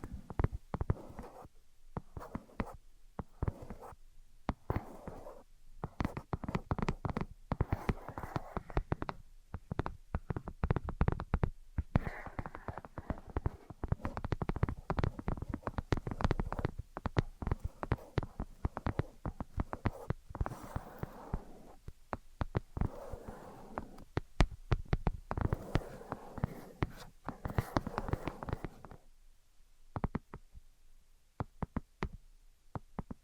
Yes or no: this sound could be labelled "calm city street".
no